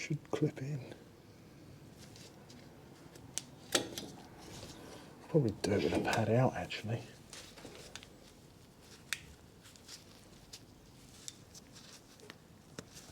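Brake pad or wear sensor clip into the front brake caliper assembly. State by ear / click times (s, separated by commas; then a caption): seated / 9.1 s. While fitting new front brake pads to the front brake caliper of a 2013 Mini Cooper D 1.6 Diesel during a front pad and disc replacement, a brake pad or its metal/plastic wear-sensor clip is pressed into the caliper assembly, with someone talking and short taps and rattles between the words. A sharp click at 9.1 s marks the part snapping home, and it is seated in place.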